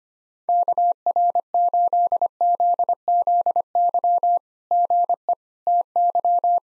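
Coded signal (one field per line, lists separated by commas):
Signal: Morse code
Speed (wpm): 25 wpm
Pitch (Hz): 700 Hz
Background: none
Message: KR8ZZY GE TY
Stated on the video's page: Computer-generated SOTA QSO practice drill at 25 wpm; each exchange is sent in Morse, then spoken, then sent again.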